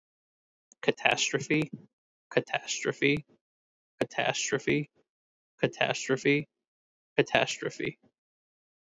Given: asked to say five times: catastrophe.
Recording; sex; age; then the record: repeated word; male; 30 to 39 years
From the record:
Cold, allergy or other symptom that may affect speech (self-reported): no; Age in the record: 33 years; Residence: Massachusetts, United States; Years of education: 17